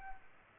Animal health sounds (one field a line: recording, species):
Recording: mosquito wingbeat signal from an infrared sensor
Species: Aedes aegypti